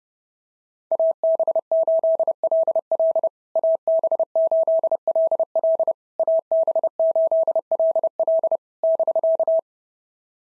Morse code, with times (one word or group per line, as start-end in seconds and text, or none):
0.9-3.3 AB8LL
3.6-5.9 AB8LL
6.2-8.6 AB8LL
8.8-9.6 <BK>